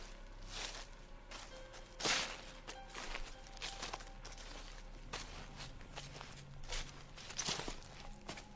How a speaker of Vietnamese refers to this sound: Ở bên ngoài chợt có tiếng động, có tiếng bước chân nhẹ nhẹ ở sau nhà.